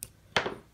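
A one-time-use plastic pin removal tool is slid into a pin cavity of a Bobcat 7-pin trident connector and turned until it clicks into place, releasing the old metal pin. A faint tick at 0.0 s is followed by a sharp, bright click at 0.4 s that rings briefly before fading. The tool has seated and the pin is released.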